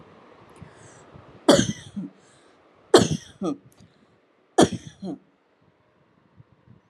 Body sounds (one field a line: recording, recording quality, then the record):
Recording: heavy voluntary cough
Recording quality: excellent, no background noise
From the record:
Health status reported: healthy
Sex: female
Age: 49 years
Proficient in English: yes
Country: India